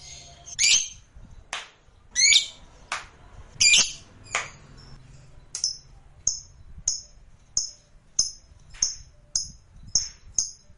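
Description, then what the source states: Lovebird calls: harsh, shrill squawks, then a steady series of short high chirps repeated about every half second over a low rumbling background. Lovebird sounds used to stimulate lovebirds.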